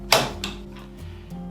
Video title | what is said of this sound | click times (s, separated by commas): Easy Wood Tools Amazing Easy Chuck! | that's locked in place | 0.1 s